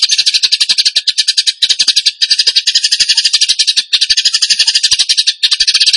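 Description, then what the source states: Bird song in loud rattling trills of rapid pulses, broken into bursts by brief gaps. Masteran training recording of bird song in the tembakan gacor style.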